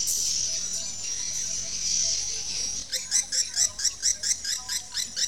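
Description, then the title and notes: Swiftlet calls, a high sustained twitter followed by a run of sharp, rapid chirps. Used for swiftlet farming in Asia. "Swiflet Bird Sound. Farming Swiflet Bird asia sound"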